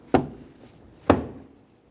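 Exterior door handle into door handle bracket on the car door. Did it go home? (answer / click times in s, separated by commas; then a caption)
yes / 0.2 s, 1.1 s. A new front left exterior door handle on a 2015-2019 Hyundai Sonata, its arm already in the door opening, is pushed toward the front of the car into its bracket on the door. Two sharp clicks are heard at 0.1 s and 1.1 s, and it is unclear which one is the seating click. The handle is seated in its bracket.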